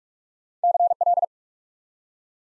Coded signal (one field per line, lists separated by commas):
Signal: Morse code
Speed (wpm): 44 wpm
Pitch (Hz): 700 Hz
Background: none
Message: CL